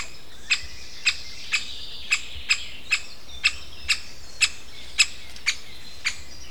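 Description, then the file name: Great spotted woodpecker giving sharp, abrupt single 'kix' notes, repeated about every half second. Contact calls. "nagy fakopáncs kapcsolattartó hangjai"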